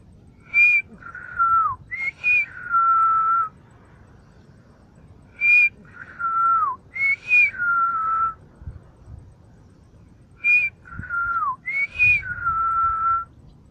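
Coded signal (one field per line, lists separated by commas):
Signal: whistled language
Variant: Silbo Gomero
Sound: a loud whistled word, high then falling long tones, repeated three times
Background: low background rumble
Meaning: A whistled word meaning seaplane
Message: hidroavión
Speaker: vez mas hidroavión [Música] [Música] ahora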